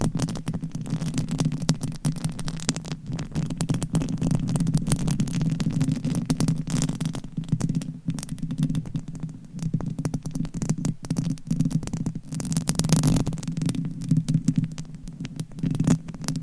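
Mic scratching: a dense, continuous rasp of fingers or nails rubbing over a microphone, heavy in a low rumbling band with gritty hiss above. Sharp crackles and scrapes punctuate it throughout, with a brief dip near eight seconds and a brighter burst around thirteen.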